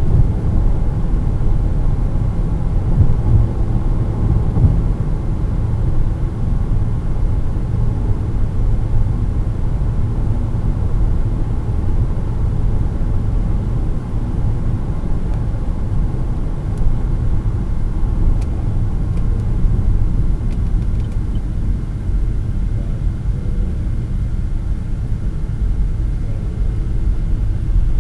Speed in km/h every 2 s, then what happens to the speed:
136, 134, 133, 130, 129, 129, 128, 125, 113, 99, 79, 70, 68, 68.
0-28 slows to 68.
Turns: none.